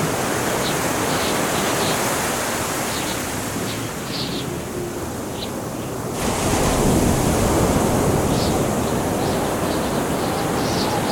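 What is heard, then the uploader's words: Wind and surf roar steadily on a beach, swelling louder around six seconds, with faint high chirps of birds scattered throughout. Cold and windy day on the beach. The wind is battering and the waves crash into the rocks. Nobody around.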